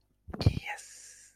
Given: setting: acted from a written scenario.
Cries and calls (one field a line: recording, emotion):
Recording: vocal sound without words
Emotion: pride